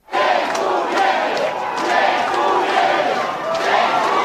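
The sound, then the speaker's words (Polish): A large crowd of fans waiting for the national volleyball players at Okęcie airport roars and chants continuously, many voices blending into a loud, steady wall of cheering with rhythmic swells and occasional sharper shouts rising above the din. “No to ja teraz przejmuję pałeczkę i zacznijmy szybko od tego, że na naszych siatkarzy czekały wczoraj na lotnisku Okęcie tłumy kibiców.”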